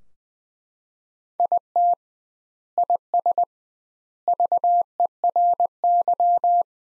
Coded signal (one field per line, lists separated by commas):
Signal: Morse code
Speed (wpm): 20 wpm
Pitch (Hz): 700 Hz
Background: none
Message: IT IS VERY